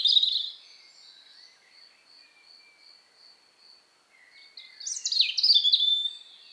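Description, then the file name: European robin song: a brief high burst, a long pause with a faint pulsing high tone, then a rich tumbling phrase of sharp, sliding, twittering notes. "Erithacus rubecula"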